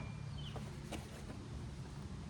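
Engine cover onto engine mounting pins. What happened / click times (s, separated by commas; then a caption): The cover is being handled but has not yet snapped onto its mounting pins / none. A plastic engine cover with rubber grommets is handled above the four mounting pins on the engine, with a steady low rumble and a few faint, brief ticks of handling. Nothing has seated or clicked yet.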